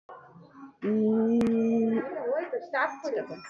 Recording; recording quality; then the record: sustained vowel as in boot; moderate, slight background noise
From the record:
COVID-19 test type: RT-PCR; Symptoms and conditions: cough, cold, loss of smell and taste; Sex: female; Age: 40 years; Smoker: no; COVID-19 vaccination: both doses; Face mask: worn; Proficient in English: yes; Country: India